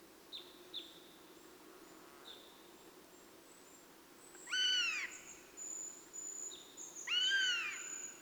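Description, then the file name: Eurasian jay calls twice with loud, arching mewing notes a few seconds apart, while short high chirps and thin whistles from other birds sound throughout. "Garrulus glandarius"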